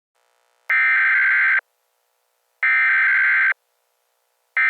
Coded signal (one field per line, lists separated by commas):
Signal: Emergency Alert System (SAME) tones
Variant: header bursts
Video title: EAS Scenario #15: The Great New York Blizzard